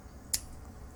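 A medication cartridge is pushed harder into a plastic soft-mist inhaler (Spiriva Respimat), and at 0.3 s it seats fully with a single loud, sharp click that is bright in the high frequencies. The rest of the clip is quiet background, and the cartridge is now fully installed.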